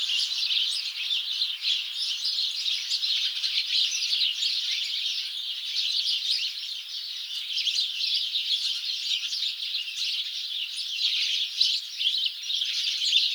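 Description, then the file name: House sparrow flock chattering, countless short chirps blending into an even, continuous wall of sound. "Passer domesticus"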